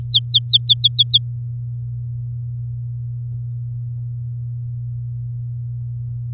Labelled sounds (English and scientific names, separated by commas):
Domestic Canary (Serinus canaria) song